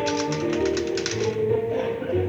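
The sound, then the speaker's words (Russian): A typewriter, worked by a typist taking dictation in a Moscow office, clacks away in a quick, uneven burst of keystrokes over a steady low tonal hum, the rapid clatter thinning out after the first second or so. “Он перелистывает бумаги, диктует машинистке.”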